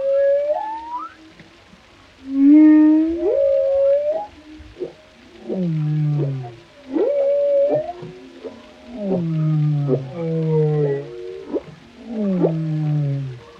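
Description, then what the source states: Whale song with rising whistled notes followed by several deep, falling groans. Whale vocalizations, including moans, calls and melodic sounds.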